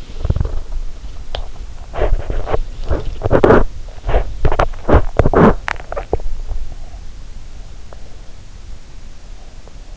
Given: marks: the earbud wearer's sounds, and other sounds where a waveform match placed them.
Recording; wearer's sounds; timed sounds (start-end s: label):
sounds in sleep by an in-ear microphone; body movement
0.00-5.94 s: body movement